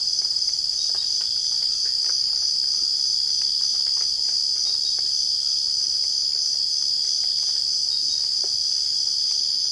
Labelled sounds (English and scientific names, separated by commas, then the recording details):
none
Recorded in secondary vegetation near Puerto Asís, Putumayo, Colombia, on 12 March 2025 at 05:00
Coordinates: 0.488, -76.319
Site G095